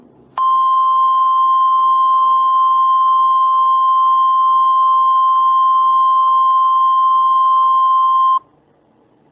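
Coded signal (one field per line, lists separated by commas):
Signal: Emergency Alert System (SAME) tones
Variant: 1050 Hz attention tone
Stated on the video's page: Actual EAS tones used in an entirely fictional alert scenario.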